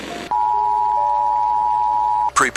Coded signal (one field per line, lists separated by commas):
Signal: Emergency Alert System (SAME) tones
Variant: 853 and 960 Hz attention tone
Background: speech